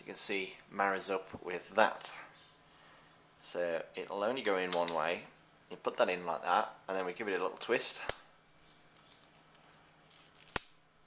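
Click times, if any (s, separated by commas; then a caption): 10.6 s. A plastic three-pin mains plug adapter is fitted into a phone charger body, which only goes in one way, and then given a small twist. Someone talks throughout, then a few faint clicks lead to a sharp, clear click at 10.6 s as the adapter locks into place.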